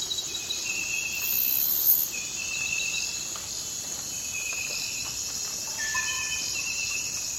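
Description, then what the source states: Dense high cricket chorus, a constant buzzing trill with flat sustained tones coming and going and a short brighter burst early on. Forest at night.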